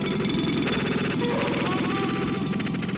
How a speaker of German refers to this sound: Also es wurde immer irgendwo an irgendeiner Ecke gehämmert, gebohrt, auch in der Zeit, wo … da war.